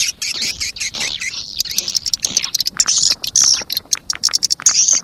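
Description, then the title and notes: Swiftlet twittering, a jumble of rapid high chirps and buzzy notes, some thin whistled tones mixed in, uneven in rhythm. Sound used in swiftlet farming in Asia. "Swiflet Bird Sound. Farming Swiflet Bird asia sound"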